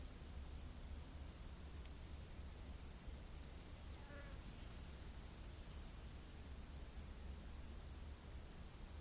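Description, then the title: Cricket chirping, rapid high pulses repeating about twice a second, with a faint brief tonal sound midway and low hum. Crickets in a rainforest at night. "Crickets of the Rainforest 🌿. Exotic Insect Orchestra"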